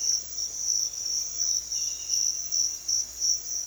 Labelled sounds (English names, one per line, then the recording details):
none
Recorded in pastures near Puerto Asís, Putumayo, Colombia, on 22 June 2025 at 06:00
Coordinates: 0.502, -76.324
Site G010